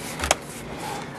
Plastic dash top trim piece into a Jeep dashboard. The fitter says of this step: in I had to uh this top piece I had to just push it down a little bit and it clicked right in place